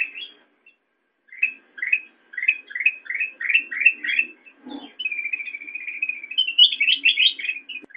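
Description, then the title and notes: Sooty-headed bulbul chirps: a run of quick rising notes, a brief rustle, then a steady chattering warble ending in bubbly higher notes. Intended for training songbirds (masteran). "suara burung kutilang buat masteran"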